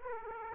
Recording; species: mosquito wingbeat signal from an infrared sensor; Aedes aegypti